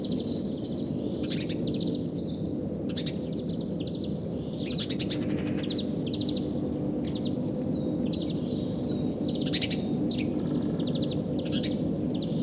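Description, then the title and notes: House sparrow calls, quick repeated chirping notes in irregular bursts above a constant low rumbling background. Spring nature sounds; Päijät-Häme, Finland. "Ilkka Heiskanen Kevät - Luontoääniä Päijät-Hämeestä A1 Varpunen"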